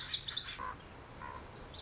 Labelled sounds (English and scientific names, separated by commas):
Lazuli Bunting (Passerina amoena)